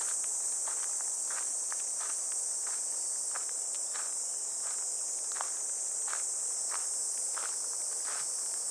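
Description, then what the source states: Cicada drone, a steady shrill high buzzing that never breaks, with footsteps crunching along a path. Cicadas heard on a morning walk along a riverbank path in clear, fresh air, heading toward a weir; their song gradually gives way to water falling over it.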